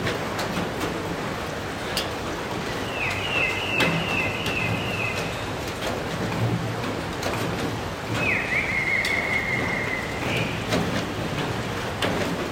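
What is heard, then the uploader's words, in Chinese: Late-night rain falls steadily, a dense, even hiss with scattered sharper drips throughout. A bird calls twice in bright, quick warbling phrases, once around three seconds in and again near eight seconds. The rain stays constant underneath from start to finish. 一些深夜雨声鸟叫声。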